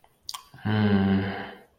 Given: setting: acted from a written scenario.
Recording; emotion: vocal sound without words; ecstasy